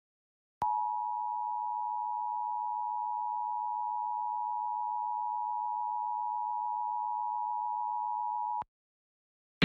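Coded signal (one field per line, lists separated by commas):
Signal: Emergency Alert System (SAME) tones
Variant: 853 and 960 Hz attention tone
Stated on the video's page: Mock recreation of a New York City Required Monthly Test using valid EAS tones; the test message is believed to come from WNYS-6.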